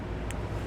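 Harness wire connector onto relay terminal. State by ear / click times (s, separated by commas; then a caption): seated / 0.3 s. A blue Curt T-connector wiring-harness connector is pushed down onto a white relay terminal during installation on a 2019 Infiniti QX60. Over a steady low rumble, a short sharp click sounds at 0.3 s as the connector seats on the terminal.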